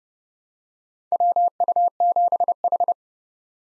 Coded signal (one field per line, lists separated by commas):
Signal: Morse code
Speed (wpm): 32 wpm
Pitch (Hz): 700 Hz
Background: none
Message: WU7H